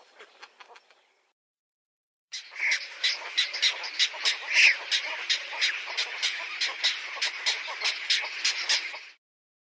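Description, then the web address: Cattle egret producing a dense run of rasping, croaky notes in quick succession after a short opening burst and pause. "Uzbek hayvonlar. Bubulcus ibis"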